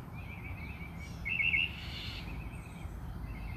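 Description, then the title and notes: Bird song, one brief bright twittering phrase in the middle, with faint softer chirps before and after over low background noise. Birds singing outside the recordist's house. "Bird Songs Part Two. More bird songs outside my house"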